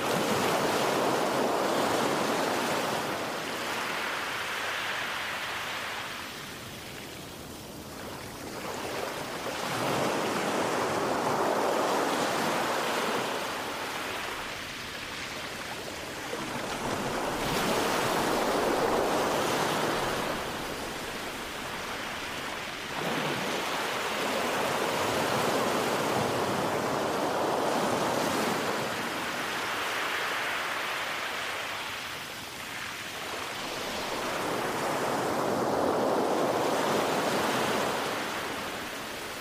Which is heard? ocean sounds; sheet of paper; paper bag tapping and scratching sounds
ocean sounds